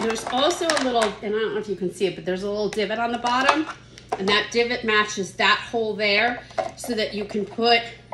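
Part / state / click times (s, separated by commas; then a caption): plastic divider separator into a food storage container / not seated / none. Someone talks while handling a plastic divider separator for a food prep and storage container, with the divot on its bottom lined up to match a hole in the container. The separator has not seated or clicked into place yet.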